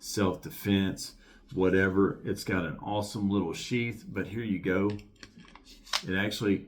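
A fixed blade knife is handled near its kydex sheath while someone talks, with a few small sharp ticks near the end. The knife has not yet been pushed into the sheath, and nothing has snapped or seated yet.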